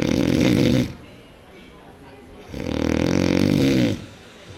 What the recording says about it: That really is the worst one. You sleep next to a snorer, and that could be impacting your health, according to experts.